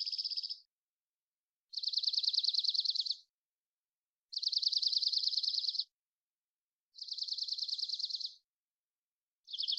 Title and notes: BIRDSong New World Sparrows - DarkEyed Junco Collected Songs. Dark-eyed Junco, Junco hyemalis, collected song variations, trills, isolated Recorded in the beautiful Pacific Northwest, Washington, United States